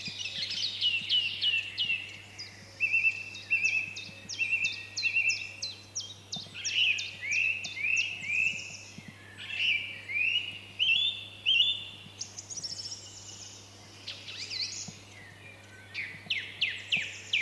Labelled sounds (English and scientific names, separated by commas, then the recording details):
European Green Woodpecker (Picus viridis)
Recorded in the wild
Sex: male
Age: adult
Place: Teerofenbrücke, Nationalpark Unteres Odertal, Brandenburg, DE
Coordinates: 53.1322, 14.3536
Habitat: wood
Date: 2021-05-17 16:08
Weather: cloudy, no wind, 15°C
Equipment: Sound Devices 702, Sennheiser MKH 415 T, Rhode Windschutz
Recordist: Frommolt, Karl-Heinz
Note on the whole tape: Gelände der Wildnisschule Teerofenbrücke - Rufe eines Grünspechtes